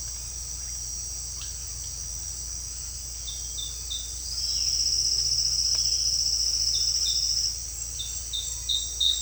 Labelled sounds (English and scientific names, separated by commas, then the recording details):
none
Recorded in secondary vegetation near Puerto Asís, Putumayo, Colombia, on 9 March 2025 at 18:00
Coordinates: 0.498, -76.327
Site G001